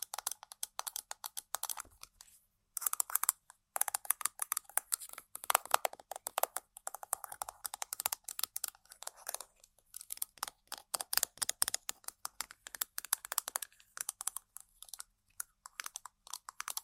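Rapid tapping and scratching on objects, dense crisp clicks in uneven bursts with brief pauses near two and fifteen seconds.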